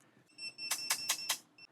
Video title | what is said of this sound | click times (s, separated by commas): AVENTON vs VELOTRIC // Best Rated E–Bikes under $2,000 | You can hear it click. | 0.9 s, 1.1 s, 1.3 s